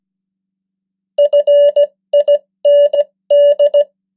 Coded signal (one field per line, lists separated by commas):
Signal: Morse code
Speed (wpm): 17 wpm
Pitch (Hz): 580 Hz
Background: none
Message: FIND